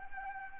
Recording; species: mosquito wingbeat signal from an infrared sensor; Anopheles arabiensis